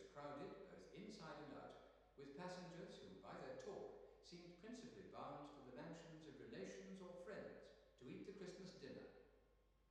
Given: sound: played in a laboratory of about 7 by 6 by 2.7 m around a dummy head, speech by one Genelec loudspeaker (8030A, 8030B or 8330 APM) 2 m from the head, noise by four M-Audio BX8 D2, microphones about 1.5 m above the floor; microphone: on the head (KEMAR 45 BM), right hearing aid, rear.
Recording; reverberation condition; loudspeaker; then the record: male speech in English; high; 150 degrees to the left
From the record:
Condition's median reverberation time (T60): about 1300 ms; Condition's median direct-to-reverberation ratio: about -4.0 dB